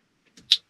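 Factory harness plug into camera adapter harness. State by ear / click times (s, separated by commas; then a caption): seated / 0.5 s. On a 2020 Toyota Tundra, the factory harness plug is pushed into the backup camera adapter harness behind the stereo. A faint contact sound comes at about 0.4 s, then a sharp, bright click at 0.5 s. The connector is seated.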